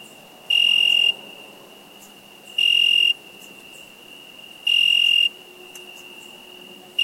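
Cricket chirping in loud high bursts about every two seconds, a weaker continuous shrill tone filling the gaps.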